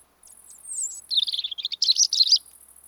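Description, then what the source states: European robin song: a high thin whistle sliding down, then a rapid jumble of sweet, trilling warbled notes, with a steady high insect-like hiss running behind. Autumn song of the robin, which resumes singing in autumn as northern migrants arrive.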